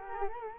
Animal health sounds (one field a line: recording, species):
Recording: mosquito wingbeat signal from an infrared sensor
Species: Culex quinquefasciatus